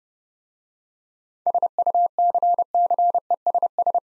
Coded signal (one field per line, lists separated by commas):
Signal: Morse code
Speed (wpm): 29 wpm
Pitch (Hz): 700 Hz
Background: none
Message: SUCCESS